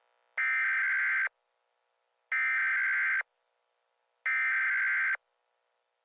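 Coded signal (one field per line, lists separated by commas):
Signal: Emergency Alert System (SAME) tones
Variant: header bursts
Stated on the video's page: Fictional EAS scenario.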